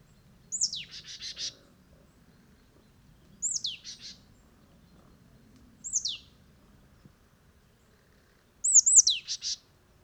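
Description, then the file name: Marsh tit calling, most high downslurred notes running straight into a rapid buzzy chatter, four call groups spaced a couple of seconds apart, with a faint low rumble behind. "Poecile palustris"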